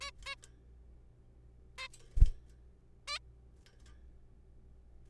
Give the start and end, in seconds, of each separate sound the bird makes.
0.01-0.10, 0.26-0.35, 1.78-1.88, 3.08-3.18